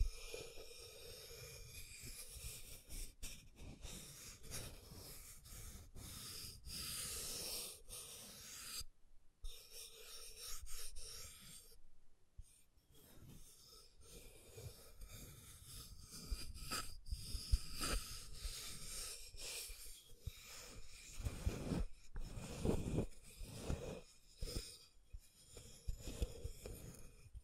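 Scratching and tracing strokes rasp in uneven bursts, brighter and denser in places, with brief silent gaps near nine and twelve seconds.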